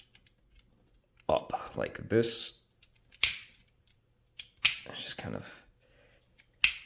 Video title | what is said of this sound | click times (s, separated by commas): TF 3rd Party Review: CRAFTSMAN TOYS DJS-02A-E "TACTICLORD" (Computron) | snap into place, get out of the way. | 6.6 s